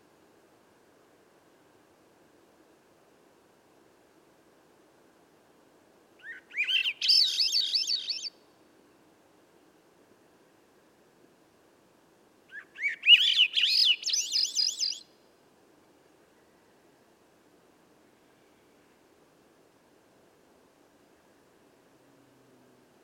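A Swainson's Thrush sings two rising, fluty spiraling phrases, at about 6 and 13 seconds, over a faint low hum of quiet surroundings.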